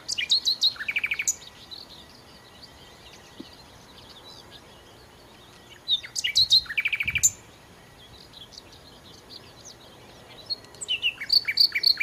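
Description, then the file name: Common nightingale song in three separate phrases of rapid repeated notes and rattles, with quiet gaps between them. "Nachtigall"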